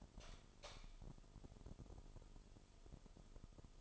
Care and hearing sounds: daily activity, microphone in the room; light on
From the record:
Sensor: 5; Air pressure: 988.5 hPa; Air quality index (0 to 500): 210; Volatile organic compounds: 98 ppm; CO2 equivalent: 3743 ppm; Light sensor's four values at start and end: 45/135/53/56 and 47/141/55/59

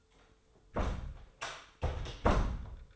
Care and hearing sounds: daily activity, microphone in the room; close door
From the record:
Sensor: 3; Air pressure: 1015.2 hPa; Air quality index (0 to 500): 174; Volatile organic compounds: 15 ppm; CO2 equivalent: 2488 ppm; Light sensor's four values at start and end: 16/41/16/17 and 16/41/16/17

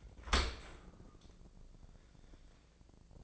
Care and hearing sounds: daily activity, microphone in the room; open dishwasher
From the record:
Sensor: 5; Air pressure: 1012.4 hPa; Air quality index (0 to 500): 158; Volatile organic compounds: 2 ppm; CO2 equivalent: 1076 ppm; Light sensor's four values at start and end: 105/251/106/120 and 104/251/106/119

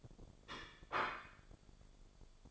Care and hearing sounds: daily activity, microphone in the room; place plate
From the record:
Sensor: 5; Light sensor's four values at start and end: 17/40/16/15 and 17/40/16/15

